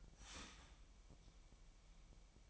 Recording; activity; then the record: daily activity, microphone in the room; start toaster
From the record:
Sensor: 1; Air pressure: 1002.0 hPa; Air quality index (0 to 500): 242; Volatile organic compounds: 46 ppm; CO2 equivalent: 3242 ppm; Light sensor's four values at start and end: 10/34/12/14 and 10/34/12/14